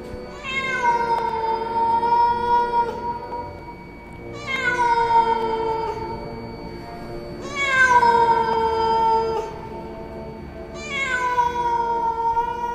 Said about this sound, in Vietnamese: Ở trong nhà, dường như tiếng gào của con mèo làm cho mọi người bàng hoàng tỉnh giấc.